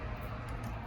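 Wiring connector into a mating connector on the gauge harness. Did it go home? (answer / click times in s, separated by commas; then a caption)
no / none. A loose gauge wiring connector is pushed against a mating connector on the gauge harness of an International Detroit Diesel fire truck, but it does not fit there. Only a steady low hum and faint broadband noise are heard. No click occurs, and nothing has snapped in yet.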